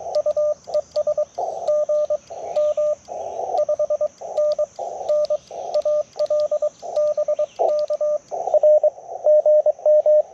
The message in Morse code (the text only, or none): U ES GM 5NN AL BK R GM